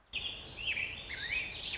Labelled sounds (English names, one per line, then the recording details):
Warbling Vireo
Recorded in Sonoma County, California